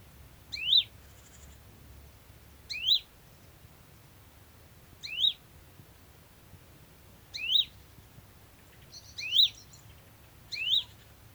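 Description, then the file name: Great tit calls: short sharp notes, each a quick rising sweep with a high tick before it, repeated at short intervals, six calls in all; quiet low hum beneath. "Parus major"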